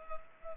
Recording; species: mosquito wingbeat signal from an infrared sensor; Culex pipiens